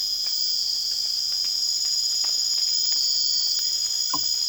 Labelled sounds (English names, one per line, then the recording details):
none
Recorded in secondary vegetation near Puerto Asís, Putumayo, Colombia, on 30 June 2025 at 23:30
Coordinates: 0.485, -76.322
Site GP06